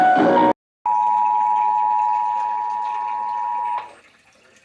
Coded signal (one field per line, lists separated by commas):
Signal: Emergency Alert System (SAME) tones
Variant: 853 and 960 Hz attention tone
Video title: EAS/NWR Alert or message #793-801: Ohio Required Monthly Test